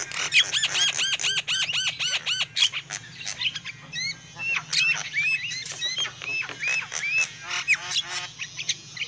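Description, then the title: Lovebirds calling: a quick series of sharp, arched chirps in the first seconds, then scattered shrill squawks and twittering, with a low hum in the background. Lure call used for trapping lovebirds. "PIKAT BURUNG LOVEBIRD"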